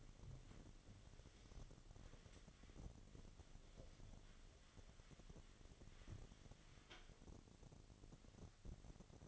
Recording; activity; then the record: daily activity, microphone in the room; wipe stove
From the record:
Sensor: 4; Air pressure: 1007.8 hPa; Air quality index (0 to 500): 198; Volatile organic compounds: 7 ppm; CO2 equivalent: 1980 ppm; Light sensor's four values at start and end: 23/71/27/26 and 23/72/27/26